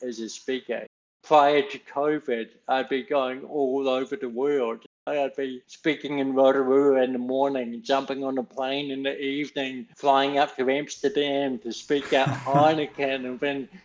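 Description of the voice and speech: An adult man speaks slowly, with nasal, effortful speech, stretched vowels and blurred consonants: dysarthria from cerebral palsy, present since birth, and he sounds like this all the time.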